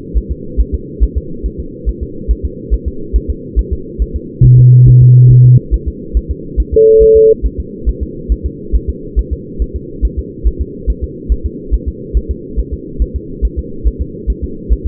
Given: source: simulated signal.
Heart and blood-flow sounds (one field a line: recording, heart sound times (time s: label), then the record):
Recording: fetal heart sounds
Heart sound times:
0.18 s: S1
0.32 s: S2
0.61 s: S1
0.75 s: S2
1.03 s: S1
1.18 s: S2
1.46 s: S1
1.60 s: S2
1.89 s: S1
2.03 s: S2
2.31 s: S1
2.45 s: S2
2.74 s: S1
2.88 s: S2
3.16 s: S1
3.30 s: S2
3.59 s: S1
3.73 s: S2
4.02 s: S1
4.16 s: S2
4.45 s: S1
4.59 s: S2
4.88 s: S1
5.02 s: S2
5.31 s: S1
5.45 s: S2
5.74 s: S1
5.88 s: S2
6.17 s: S1
6.31 s: S2
6.60 s: S1
6.74 s: S2
7.03 s: S1
7.17 s: S2
7.46 s: S1
7.60 s: S2
7.89 s: S1
8.03 s: S2
8.32 s: S1
8.46 s: S2
8.76 s: S1
8.90 s: S2
9.19 s: S1
9.33 s: S2
9.62 s: S1
9.76 s: S2
10.05 s: S1
10.19 s: S2
10.47 s: S1
10.62 s: S2
10.90 s: S1
11.04 s: S2
11.32 s: S1
11.46 s: S2
11.74 s: S1
11.88 s: S2
12.17 s: S1
12.31 s: S2
12.60 s: S1
12.74 s: S2
13.02 s: S1
13.16 s: S2
13.45 s: S1
13.59 s: S2
13.87 s: S1
14.02 s: S2
14.30 s: S1
14.44 s: S2
14.73 s: S1
14.87 s: S2
From the record:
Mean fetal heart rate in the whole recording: 140 bpm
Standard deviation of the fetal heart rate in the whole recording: 2 bpm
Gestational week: 34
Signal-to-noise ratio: -4.3 dB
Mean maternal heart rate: 72 bpm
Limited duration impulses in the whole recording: present